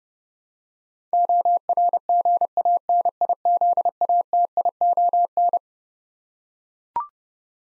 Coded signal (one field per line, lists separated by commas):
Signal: Morse code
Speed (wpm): 30 wpm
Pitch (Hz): 700 Hz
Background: none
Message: ORGANIZATION